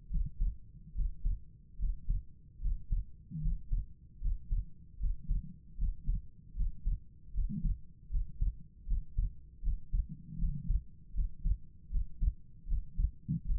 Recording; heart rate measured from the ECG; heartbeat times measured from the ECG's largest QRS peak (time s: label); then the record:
heart sounds by stethoscope; 76 bpm
0.09 s: heartbeat
0.94 s: heartbeat
1.78 s: heartbeat
2.60 s: heartbeat
3.40 s: heartbeat
4.20 s: heartbeat
4.98 s: heartbeat
5.77 s: heartbeat
6.55 s: heartbeat
7.33 s: heartbeat
8.09 s: heartbeat
8.86 s: heartbeat
9.61 s: heartbeat
10.37 s: heartbeat
11.13 s: heartbeat
11.89 s: heartbeat
12.66 s: heartbeat
13.44 s: heartbeat
From the record:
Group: healthy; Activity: rest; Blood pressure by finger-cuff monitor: 95/68 mmHg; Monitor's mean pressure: 77 mmHg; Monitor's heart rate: 77 bpm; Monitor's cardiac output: 5.4 L/min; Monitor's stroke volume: 71 mL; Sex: female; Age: 32 years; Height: 172 cm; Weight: 71.7 kg